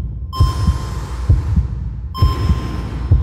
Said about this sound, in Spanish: Tengo latidos. Tengo una multitud de guerreros bailándome en el pecho. ¿Es eso una murga que me agita la sangre? El corazón me late a toda prisa como un conejo perseguido por los lobos de mi sangre. Y no puedo detenerlo.